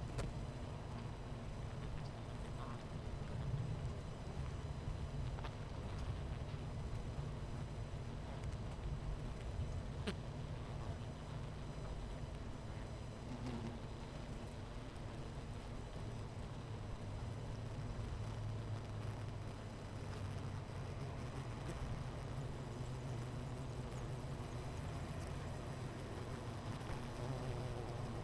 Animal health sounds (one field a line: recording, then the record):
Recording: honeybee colony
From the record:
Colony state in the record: missing queen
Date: 14 July 2017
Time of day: 10:59